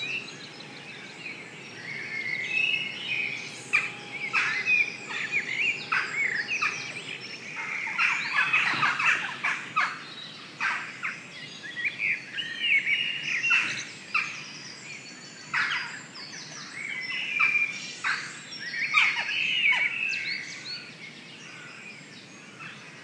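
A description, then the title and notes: A dawn chorus at Stroud, with many birds calling and singing at once in dense, bright overlapping bursts throughout, over a faint low hum. Stroud dawn chorus. Just pure bird sound. Dawn chorus in Stroud recorded by Mike Bingham.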